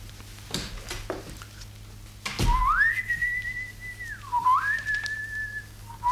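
A man whistles an opera melody, a clear high tone holding long sustained notes with a few gliding pitch changes between them, preceded by brief soft clicks and rustles.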